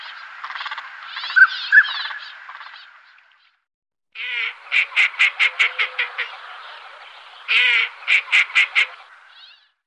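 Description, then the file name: Northern pintail calls: a wheezy, buzzy stretch with two short whistles, then a pause, then two series of short, rapid, harsh notes. "Stjartand"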